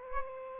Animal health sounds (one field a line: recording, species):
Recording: mosquito wingbeat signal from an infrared sensor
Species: Aedes aegypti